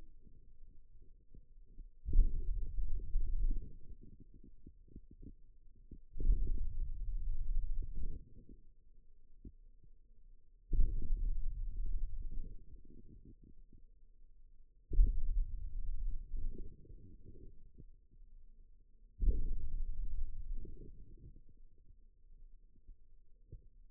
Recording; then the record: forearm muscle sounds (acoustic myography)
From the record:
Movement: hand opening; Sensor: system 2, bracelet of six BSWA MPA416 microphones around the upper forearm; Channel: 1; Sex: male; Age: 22 years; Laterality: right